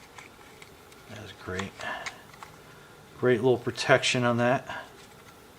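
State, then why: Not seated. A plastic protective cover is handled over the camera gimbal of a Holy Stone HS600 4K drone with a 2-axis gimbal. A few light ticks come through while someone talks, and the cover has not seated or clicked into place yet.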